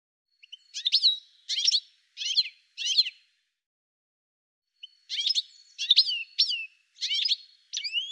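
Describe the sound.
Bird chirping: four sharp, downslurred high chirps, a pause of nearly two seconds, then five similar chirps, the last one rising.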